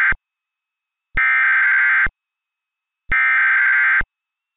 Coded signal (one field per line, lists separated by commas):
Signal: Emergency Alert System (SAME) tones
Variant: header bursts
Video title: EAS Mock #18: The Cascade's Big One